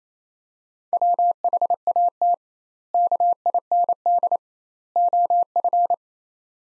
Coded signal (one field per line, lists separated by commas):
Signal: Morse code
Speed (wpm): 27 wpm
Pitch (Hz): 700 Hz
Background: none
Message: WHAT KIND OF